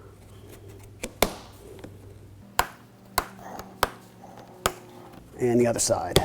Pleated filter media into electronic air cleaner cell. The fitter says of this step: Next thing you do is snap them into place. Just push them down gently and you'll hear them make a snap sound.